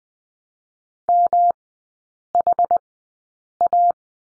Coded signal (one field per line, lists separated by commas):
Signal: Morse code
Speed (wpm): 20 wpm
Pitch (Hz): 700 Hz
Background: none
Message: MHA